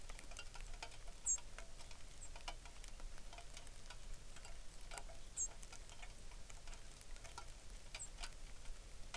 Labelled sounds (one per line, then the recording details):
songbird
rain
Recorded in the Arctic National Wildlife Refuge, Alaska, on 3 August 2019
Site 33